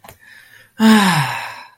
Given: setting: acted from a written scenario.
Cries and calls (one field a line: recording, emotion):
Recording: vocal sound without words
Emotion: relief